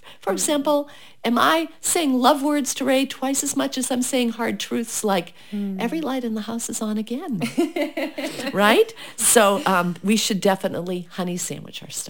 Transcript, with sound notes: For example, am I saying love words to Ray twice as much as I’m saying hard truths like, every light in the house is on again. (laughs) Right? So, we should definitely honey sandwich our stuff.